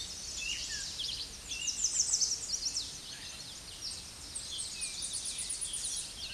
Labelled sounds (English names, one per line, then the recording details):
American Redstart song
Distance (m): 20 m
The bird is about 10 m above the microphone
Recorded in a Pennsylvania forest on 16 May 2024 at 06:54
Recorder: AudioMoth, point MSD-2367
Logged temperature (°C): 16.0 °C
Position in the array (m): 122 m, 209 m